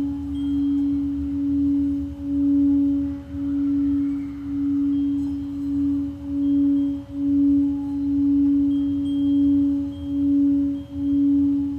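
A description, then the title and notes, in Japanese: A Tibetan singing bowl rings steadily with a low, sustained hum and a clear higher overtone, pulsing gently in slow waves of swelling loudness. 夜のシンギングボウルのサウンドヒーリング。チベタンシンギングボウルのサウンドヒーリングデス。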